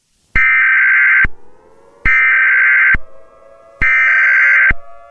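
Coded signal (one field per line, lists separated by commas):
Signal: Emergency Alert System (SAME) tones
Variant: header bursts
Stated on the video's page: Fictional EAS scenario about the star Rigel exploding.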